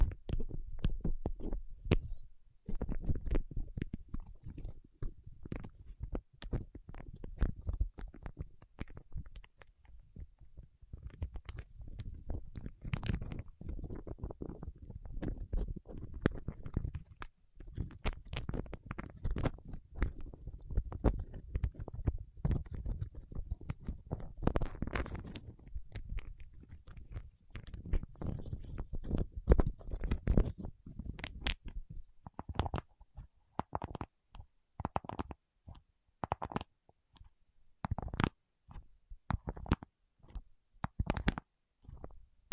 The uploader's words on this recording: ASMR with Wax Fingertips for Sleep (No Talking).